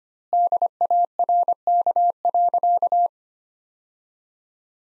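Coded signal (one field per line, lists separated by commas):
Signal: Morse code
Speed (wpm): 25 wpm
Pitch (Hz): 700 Hz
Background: none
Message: DARK.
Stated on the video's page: Morse practice sentences from the top 500 words at 25 wpm with 4x standard word spacing, a Farnsworth-like method applied to words.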